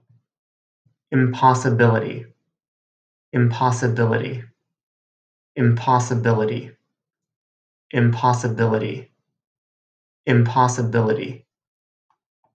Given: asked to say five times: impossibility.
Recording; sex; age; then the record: repeated word; male; 30 to 39 years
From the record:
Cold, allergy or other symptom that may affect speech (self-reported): no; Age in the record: 33 years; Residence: California, United States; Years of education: 18